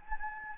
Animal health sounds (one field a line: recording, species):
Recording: mosquito wingbeat signal from an infrared sensor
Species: Anopheles gambiae